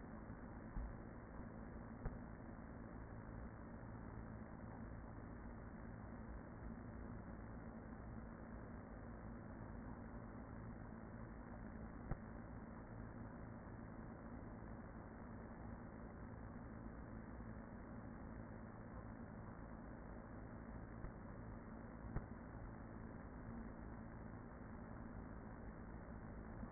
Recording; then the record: honeybee colony, microphone inside the hive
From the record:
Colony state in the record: queen present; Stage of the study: after two queens were removed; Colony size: about 40,000 bees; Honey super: no